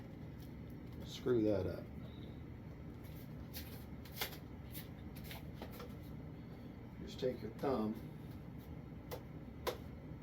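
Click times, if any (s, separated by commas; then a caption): 9.7 s. Someone talks while a plastic fitting on a Freewing L-39 80mm Albatros RC jet airframe is pressed with the thumb into two channels, with faint ticks and taps in the background. A sharp click at 9.7 s marks the part snapping in, and it is seated.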